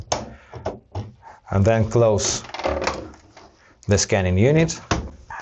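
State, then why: Seated. A color ink cartridge is pushed into the carriage of an HP Envy printer and clicks into place with a sharp snap at 0.1 s, followed by a few softer knocks. Someone then talks.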